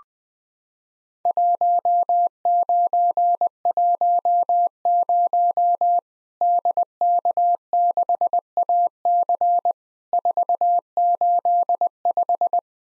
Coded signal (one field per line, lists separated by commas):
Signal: Morse code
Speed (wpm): 20 wpm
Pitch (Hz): 700 Hz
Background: none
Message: 1910 DK6AC 485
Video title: Worked All Europe DX Contest QTC Exchange 20wpm